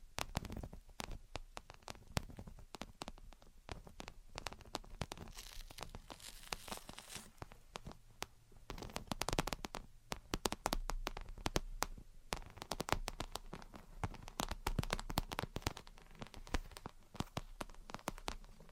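Gentle tapping and scratching goes on throughout, a dense run of short, crisp clicks and scrapes at an uneven pace. Busier bursts come around 1–3 seconds, near 9–11 seconds and again after 15 seconds, over a soft low hum.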